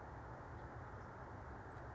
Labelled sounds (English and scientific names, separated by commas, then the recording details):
House Finch (Haemorhous mexicanus)
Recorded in Sonoma County, California